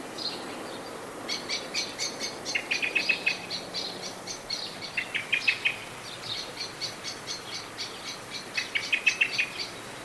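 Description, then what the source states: Blackbird alarm calls, mostly quiet for the first second, then brisk sharp notes in bursts with small rattling flourishes, background hiss throughout. Blackbird calling in a state of anxiety.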